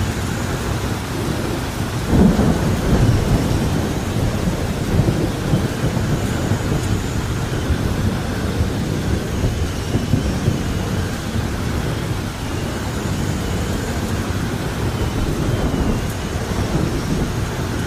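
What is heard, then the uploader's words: Steady, dense rain hisses throughout while low thunder rumbles continuously underneath, swelling slightly near two seconds before settling into a constant roar. Sounds of rain and thunder. Combines the gentle patter of rain with the deep, resonant rumble of thunder.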